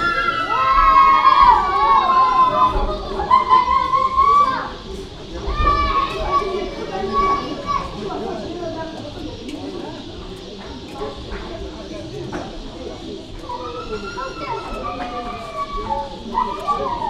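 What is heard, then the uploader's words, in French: Children shout and chatter near a mosque, high voices rising loudest in the first five seconds, then a steadier crowd murmur with occasional calls. Près de la mosquée Baouakhir. Essaouira.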